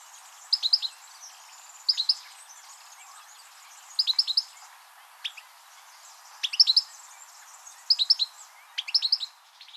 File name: Carduelis carduelis